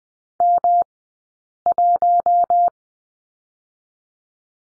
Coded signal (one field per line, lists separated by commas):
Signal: Morse code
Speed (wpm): 20 wpm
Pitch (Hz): 700 Hz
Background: none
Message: M1